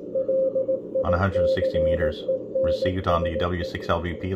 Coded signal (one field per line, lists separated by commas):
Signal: Morse code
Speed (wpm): 18 wpm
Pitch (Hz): 530 Hz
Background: speech, radio noise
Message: LICENSE